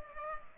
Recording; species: mosquito wingbeat signal from an infrared sensor; Culex pipiens